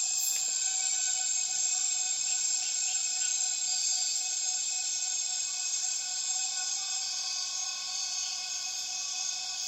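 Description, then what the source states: Cicada chorus of continuous high, hissing drones stacked in several pitches, holding steady with slight swells and a few faint chirps underneath. Many cicadas calling at dusk as the afternoon light fades, rainforest in Tawau Hills National Park, Borneo; recorded with Zoom F6 and Lom MikroUsi Pro microphones.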